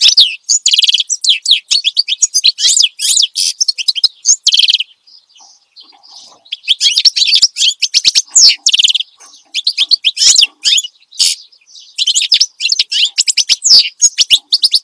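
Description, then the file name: Finch song: rapid, high twittering bursts with buzzy trills, in phrases of several seconds broken by short pauses, continuing throughout. Finch described as singing energetically and continuously ('gacor dor'); the recording is meant for tutoring songbirds (masteran). "Suara Kicauan Burung Finch Gacor Dor Cocok Untuk Masteran"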